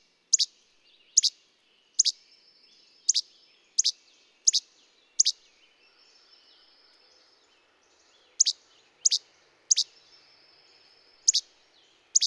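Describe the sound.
Bird giving bright, high double chirps in a run, then a pause of a few seconds filled by a faint high trill, before the chirps resume.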